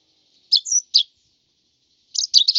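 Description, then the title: White-eye song in two brief bursts of high, squeaky chirps separated by a second-long pause. "Plecir3un. Suara burung pleci"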